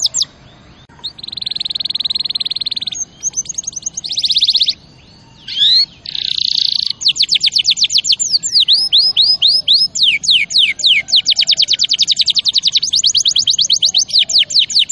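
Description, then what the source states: Canary song: long buzzy rolled trills alternating with rapid repeated chips and slurred notes. Champion canary song used as a master recording for training other birds.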